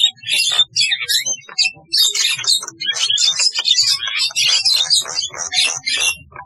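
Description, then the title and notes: Starling song, a rapid, unbroken stream of scratchy chatter, clicks and high squeaky notes, varied throughout. "Kicau Burung Jalak"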